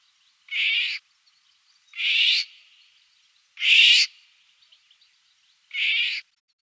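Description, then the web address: Eurasian Golden Oriole giving four harsh, rasping screech notes, each about half a second long, spaced roughly one to two seconds apart. "gesang. blv 1999 pirol"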